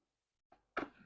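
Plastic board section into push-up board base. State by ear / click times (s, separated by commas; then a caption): seated / 0.8 s. A plastic board section of a plank/push-up board is hooked into the board base. A faint knock comes at about 0.5 s, then a sharp plastic hit at 0.8 s with a short ringing tail. The part locks in and is seated.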